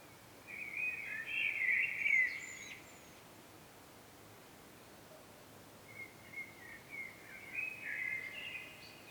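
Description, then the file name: Common blackbird uttering a high, warbled twittering phrase, a pause, then softer scratchy notes toward the end, against a background of faint hiss. "Turdus merula"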